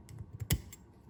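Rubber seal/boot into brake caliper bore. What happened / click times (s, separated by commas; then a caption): The rubber seal clicked fully into its seat / 0.5 s. A compressed rubber seal or boot already set into the bore of a Mustang brake caliper is tapped around its edges to seat it fully, giving a few faint taps. A sharp, distinct click at 0.5 s shows the seal snapping into its seat. It had not been fully seated before and now is.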